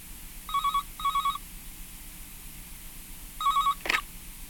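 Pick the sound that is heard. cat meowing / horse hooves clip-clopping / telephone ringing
telephone ringing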